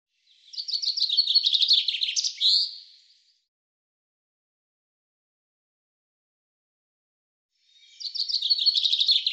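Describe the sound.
Common chaffinch song: two descending rattling trill phrases, the first ending in a brief flourish and the second cut off at the end, with a long silent gap of about four and a half seconds between them.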